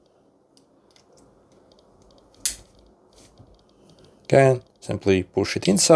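A watch strap's spring-pin quick-release is pushed at an angle back into the case lug of a Samsung Galaxy Watch 9 after being released, giving a sharp click at 2.5 s as it seats. Faint small ticks come before it, then someone talks.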